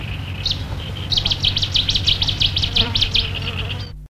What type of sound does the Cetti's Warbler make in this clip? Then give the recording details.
song. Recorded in the wild. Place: Griechenland, Altmark, Sachsen-Anhalt, DE. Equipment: Halbspur, 9,5 cm/s. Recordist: Lütgens, Hans. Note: Gesang